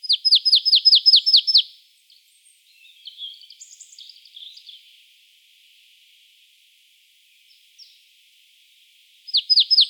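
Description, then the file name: Marsh tit giving a fast run of about eight sharp, high, downslurred notes, then soft quiet twittering, and a fresh rapid series starting at the end. "Poecile palustris"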